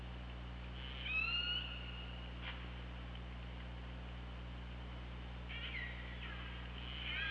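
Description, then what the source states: Killer whale calls: a clear rising harmonic squeal, then a click-like pulse and a burst of pulsed harmonic calls later, with steady low hum underneath. Recorded by OrcaLab hydrophone on 24 August 2017 at 15:25.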